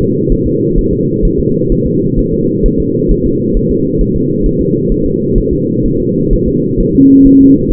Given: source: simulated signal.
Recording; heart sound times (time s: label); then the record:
fetal heart sounds
0.01 s: S2
0.32 s: S1
0.47 s: S2
0.78 s: S1
0.93 s: S2
1.25 s: S1
1.40 s: S2
1.72 s: S1
1.87 s: S2
2.19 s: S1
2.33 s: S2
2.66 s: S1
2.80 s: S2
3.11 s: S1
3.26 s: S2
3.57 s: S1
3.71 s: S2
4.01 s: S1
4.16 s: S2
4.46 s: S1
4.61 s: S2
4.92 s: S1
5.06 s: S2
5.38 s: S1
5.53 s: S2
5.86 s: S1
6.00 s: S2
6.33 s: S1
6.48 s: S2
6.80 s: S1
6.95 s: S2
7.27 s: S1
7.41 s: S2
7.71 s: S1
From the record:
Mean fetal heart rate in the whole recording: 130 bpm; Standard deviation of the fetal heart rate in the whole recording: 4 bpm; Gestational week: 38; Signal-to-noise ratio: -11.2 dB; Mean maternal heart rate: 72 bpm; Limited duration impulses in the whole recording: present